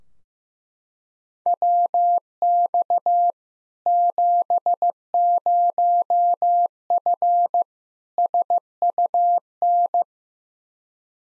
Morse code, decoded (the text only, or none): WX 70F SUN